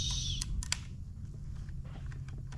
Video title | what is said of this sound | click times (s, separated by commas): Building the Ultimate Station Wagon - Charger Magnum Hellcat - 1000HP Hellwagon - Pt 97 | there we go now she's locked in ready to go back on | 0.6 s, 0.7 s